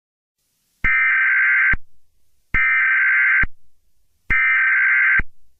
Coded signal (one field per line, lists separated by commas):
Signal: Emergency Alert System (SAME) tones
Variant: header bursts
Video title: EAS scenario #1 | Nibiru